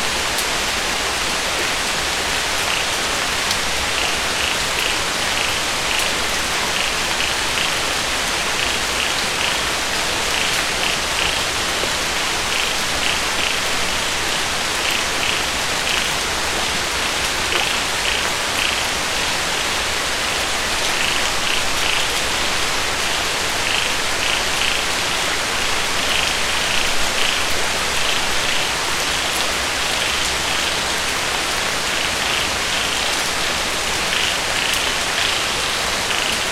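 Light rain falls through a forest at night, a steady, even hiss of fine drops that holds without pause for the whole stretch. Faint, bright chirping repeats rhythmically in the background, likely insects, pulsing every second or so.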